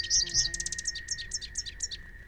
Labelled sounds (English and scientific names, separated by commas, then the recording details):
Rufous-capped Warbler (Basileuterus rufifrons) song
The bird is a female
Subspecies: rufifrons
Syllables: 15
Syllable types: 3
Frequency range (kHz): 2.1-9.1 kHz
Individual SP-SWRR-F